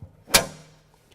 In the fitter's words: you can hear they snap right into place now